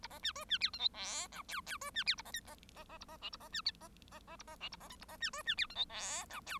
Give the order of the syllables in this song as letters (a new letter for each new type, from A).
A B C D C E F G H I J J D C E A B K B B B A B L A B C B B B A B L A B K A B C D C E F G H I J